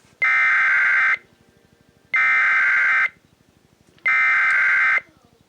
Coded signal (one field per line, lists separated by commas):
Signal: Emergency Alert System (SAME) tones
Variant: header bursts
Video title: (REUPLOAD) SAGE Relay: 911 Telephone Outage Emergency (5/3/21)(EAS 686)